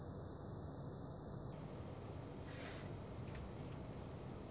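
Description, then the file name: Crickets chirping in short, high pulsed trills repeated steadily over a low rumbling background hiss. "freesound crickets and a freak"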